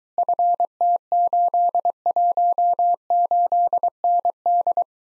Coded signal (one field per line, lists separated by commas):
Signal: Morse code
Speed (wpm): 23 wpm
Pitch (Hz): 700 Hz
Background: none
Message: FT818ND